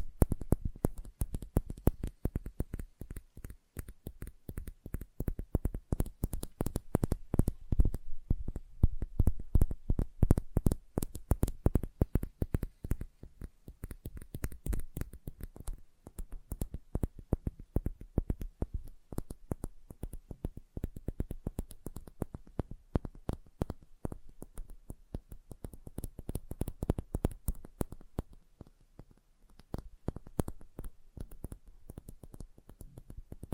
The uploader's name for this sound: Sensitive Tapping